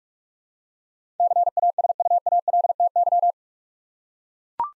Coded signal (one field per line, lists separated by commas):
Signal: Morse code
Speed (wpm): 42 wpm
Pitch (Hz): 700 Hz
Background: none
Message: CASUALTY